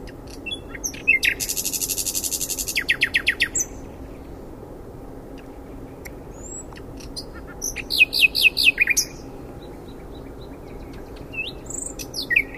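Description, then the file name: Common nightingale song: a dense buzzy burst followed by rapidly repeated notes, then after a pause a rattling phrase of clicks and whistles; faint low hum in background. "Luscinia megarhynchos"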